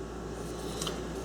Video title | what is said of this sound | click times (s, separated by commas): Gen 3 4 Poly Salt Free Water Softener Service Procedures | this discuss to snap into if you get it wrong it won't snap in the correct end so you'll feel you hear it pop okay like so okay | 0.8 s, 0.9 s